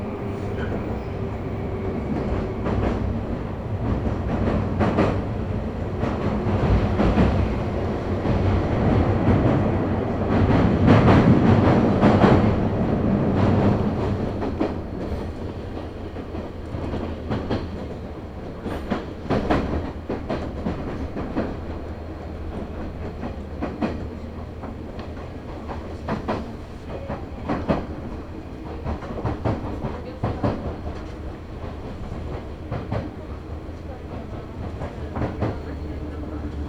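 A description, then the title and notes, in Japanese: Ride aboard a Chuo East Line local train, steady low rumble with frequent clicking rail joints, loudest around ten to fifteen seconds. 中央東線 普通 韮崎→東山梨。韮崎を出てもまだ下り続けて甲府盆地に入ります。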